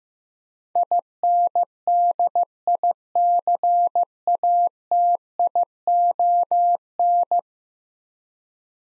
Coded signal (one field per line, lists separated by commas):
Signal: Morse code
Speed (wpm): 15 wpm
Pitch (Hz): 700 Hz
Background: none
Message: INDICATION